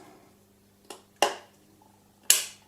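A bearing is pressed into the second side of the tail mount on a Boomcopter frame. A faint tick comes at 0.9 s and a sharp snap at 1.2 s, then the loudest, crispest click at 2.3 s as the bearing seats in place.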